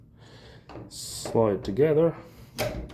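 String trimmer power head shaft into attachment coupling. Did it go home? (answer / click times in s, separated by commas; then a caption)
no / none. A Kobalt brushless string trimmer power head shaft is brought in and slid together into the attachment coupling, with a scraping slide sound around 0.7 s and rustling handling noise. Someone talks over it. Nothing has locked or clicked into place yet.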